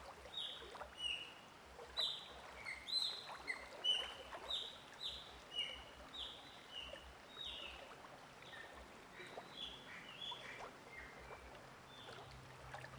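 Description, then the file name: Bird song of high, sweeping whistled notes and short chirps, many repeated in a loose series, over a soft steady background rush and faint low knocking. Recorded in a forest near a stream. "Passaro cantando na floresta riacho perto"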